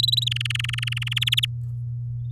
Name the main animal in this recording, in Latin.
Serinus canaria